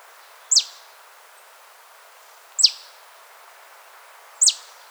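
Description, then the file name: Marsh tit giving three explosive, high downslurred call notes, about two seconds apart, over a faint hiss. "Poecile palustris"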